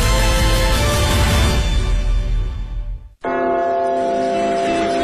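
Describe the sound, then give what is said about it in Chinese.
A dense, loud wash of sound cuts off abruptly, then the bell of the Big Ben clock tower in London rings out with a steady, sustained hum of overtones that holds at even volume. “大本钟的钟声记载着时间的流逝”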